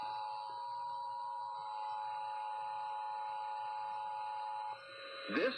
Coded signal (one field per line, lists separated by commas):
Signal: Emergency Alert System (SAME) tones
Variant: 853 and 960 Hz attention tone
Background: speech